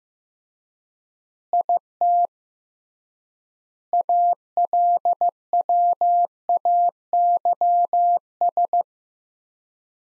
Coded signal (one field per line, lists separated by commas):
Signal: Morse code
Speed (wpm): 15 wpm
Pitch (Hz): 700 Hz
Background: none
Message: IT ALWAYS